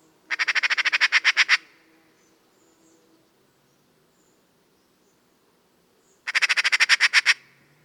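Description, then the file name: Eurasian magpie chattering twice, each a rapid harsh rattle of about a dozen notes, the two bursts separated by roughly five seconds of quiet. "Pica pica"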